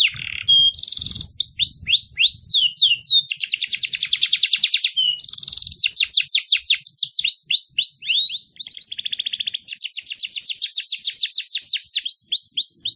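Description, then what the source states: Songbird singing continuously: short buzzy bursts alternate with fast series of sweeping downslurred whistles and long rapid trills of repeated notes. Complete songbird song, used for training songbirds.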